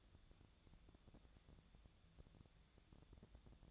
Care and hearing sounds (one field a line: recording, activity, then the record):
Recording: daily activity, microphone in the room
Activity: take from stove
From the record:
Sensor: 3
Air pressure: 1000.0 hPa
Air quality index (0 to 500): 124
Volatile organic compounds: 2 ppm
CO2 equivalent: 1114 ppm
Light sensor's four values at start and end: 44/111/48/53 and 44/112/48/53